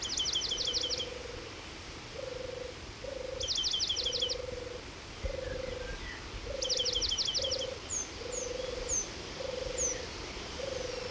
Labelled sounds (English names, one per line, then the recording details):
Eurasian Penduline Tit song
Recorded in the wild
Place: Illmitz, AT
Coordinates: 47.7544, 16.7631
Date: 1964-05-20
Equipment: Uher Report 4000, AKG D190
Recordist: Krey, Winfried